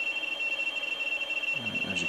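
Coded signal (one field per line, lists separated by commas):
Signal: RTTY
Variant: 50 baud, 450 Hz shift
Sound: rapid warbling two-tone chatter, steady and continuous, like a fast trill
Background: faint voice at end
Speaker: we are in Hamburg by all accounts this where this is coming from as you can see we have a weather station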